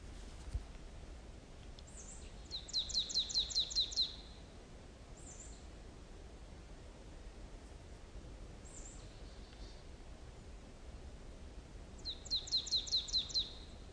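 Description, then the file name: Marsh tit calls: a sharp high note followed by a quick run of several clipped, even notes, given twice, with a few single high notes between and a steady hiss underneath. "Poecile palustris"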